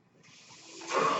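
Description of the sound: A soft, breathy hiss starts faintly and swells over about a second into a louder rush of air. It is the airflow of a home mechanical ventilator delivering a breath.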